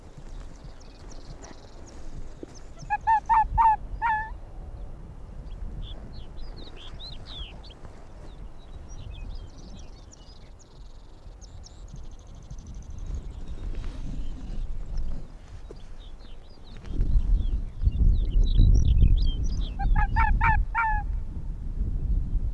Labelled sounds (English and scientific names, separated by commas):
Arctic Fox (Vulpes lagopus)